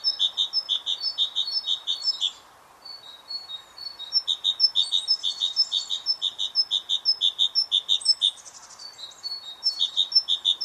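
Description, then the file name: Great tit: repeated two-note song of a great tit, bright and metallic, running in long strings interrupted by a couple of short pauses and faint higher twitters. "Parus major"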